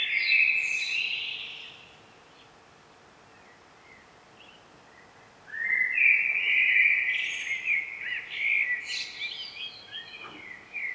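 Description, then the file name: Common blackbird song: a warbling phrase with a high twittered ending, then a pause of a few seconds before a longer rambling phrase. Steady faint background hiss. "Turdus merula"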